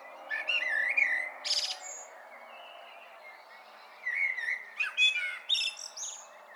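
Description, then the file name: Common blackbird warbling with soft fluted notes and high squeaky flourishes in two phrases, partly masked by a broad, steady background rush. "Turdus merula"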